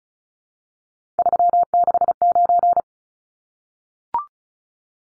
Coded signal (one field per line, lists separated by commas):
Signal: Morse code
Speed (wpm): 34 wpm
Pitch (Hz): 700 Hz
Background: none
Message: 369